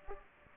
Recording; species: mosquito wingbeat signal from an infrared sensor; Aedes aegypti